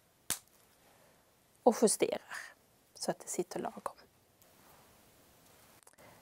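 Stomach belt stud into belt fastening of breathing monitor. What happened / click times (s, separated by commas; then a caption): The belt fastener snapped shut / 0.3 s. The second belt of a breathing monitor, put around a child's stomach, has its stud clicked into the belt fastening with a loud, sharp snap at 0.3 s, and the belt is seated. Someone then talks while small faint ticks follow.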